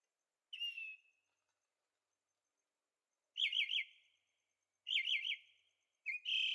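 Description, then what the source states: Bird song, one slurred whistle followed after a gap by two wavering, warbled phrases and the start of a final note. Birds singing at night in Carefree, Arizona; recorded with a Zoom H6 and stereo microphones.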